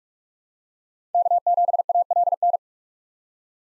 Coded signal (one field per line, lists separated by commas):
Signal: Morse code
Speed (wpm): 38 wpm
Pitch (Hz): 700 Hz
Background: none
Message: K7ALN